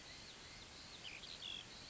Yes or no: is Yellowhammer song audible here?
no